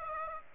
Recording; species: mosquito wingbeat signal from an infrared sensor; Aedes aegypti